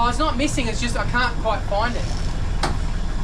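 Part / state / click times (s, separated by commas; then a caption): gear shift selector into the neutral detent of a marine engine gearbox control / seated / 2.6 s. Over a steady low engine hum, someone talks while moving the gear shift selector of a repaired marine engine gearbox control to find neutral. A sharp click at 2.6 s marks the selector seating into the neutral detent.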